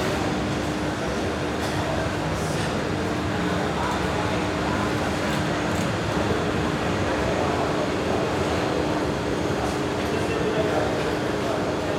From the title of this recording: Train Platform in Rome - People Ambience